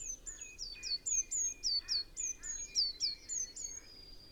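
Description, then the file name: Eurasian blue tit uttering quick, high, thin notes that fall in pitch, repeated in a steady series, with a soft lower chirping beneath. "Cyanistes caeruleus"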